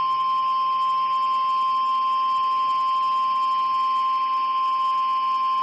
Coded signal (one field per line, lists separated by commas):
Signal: Emergency Alert System (SAME) tones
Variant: 1050 Hz attention tone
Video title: Required Weekly Tests 1/13/2021 (EAS #186-198)